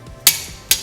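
A main cap bolt going into the block of a Cadillac 390 engine is tightened with a click-type torque wrench to a setting of 90 to 100 lb-ft during main bearing installation. Two short, sharp metallic clicks ring out at 0.3 s and 0.7 s over a quiet background. The wrench clicks at its setting, confirming the second main cap bolt is torqued.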